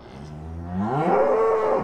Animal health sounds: contact call of a hoofed animal; cattle; low-frequency (closed-mouth) or high-frequency (open-mouth) call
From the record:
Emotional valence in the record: negative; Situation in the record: full separation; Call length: 1.85 s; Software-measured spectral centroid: 960 Hz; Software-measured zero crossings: 1020 a second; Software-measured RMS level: -23 dBFS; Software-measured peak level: -7 dBFS

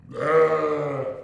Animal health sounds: contact call of a hoofed animal; sheep; low-frequency (closed-mouth) or high-frequency (open-mouth) call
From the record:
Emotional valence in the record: negative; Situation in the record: short social isolation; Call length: 1.24 s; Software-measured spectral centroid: 1330 Hz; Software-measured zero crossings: 1200 a second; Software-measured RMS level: -23 dBFS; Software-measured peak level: -9 dBFS

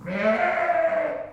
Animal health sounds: contact call of a hoofed animal; sheep; low-frequency (closed-mouth) or high-frequency (open-mouth) call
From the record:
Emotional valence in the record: negative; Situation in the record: short social isolation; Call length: 1.33 s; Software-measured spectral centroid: 1390 Hz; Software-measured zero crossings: 1690 a second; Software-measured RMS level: -24 dBFS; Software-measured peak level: -10 dBFS

